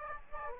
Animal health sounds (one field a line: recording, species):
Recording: mosquito wingbeat signal from an infrared sensor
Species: Aedes aegypti